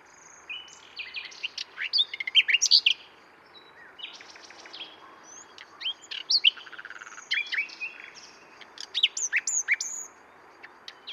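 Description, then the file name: Common nightingale singing continuously, mixing whistled notes, rapid trills and emphatic repeated chirps over faint background hiss. "Luscinia megarhynchos"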